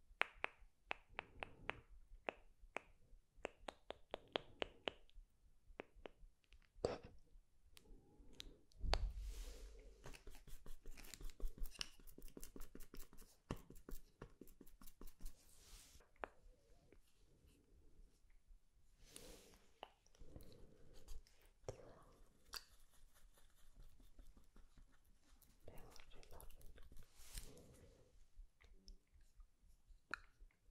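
Dry brushing strokes, with sharp clicks and taps scattered throughout. The strokes come in uneven bursts, denser and fuller around nine to sixteen seconds and again near twenty and twenty-six seconds, with quieter, sparser stretches between.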